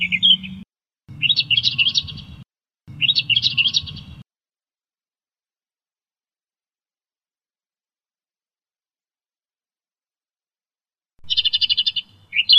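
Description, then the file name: Australian reed warbler song: three loud chattering, scratchy bursts of repeated notes early on, a long silence, then a brief warbled phrase near the end. Bird song. "suara kicauan burung kerakbasi australia. omkicau"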